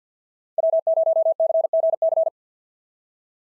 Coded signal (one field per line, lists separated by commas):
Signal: Morse code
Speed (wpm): 50 wpm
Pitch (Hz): 650 Hz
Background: none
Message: W0CGC